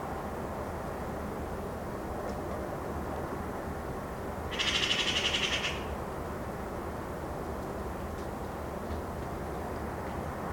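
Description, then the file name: Eurasian magpie delivering one brief harsh chattering rattle of quick clacking notes midway through, over steady background noise. "Pica pica"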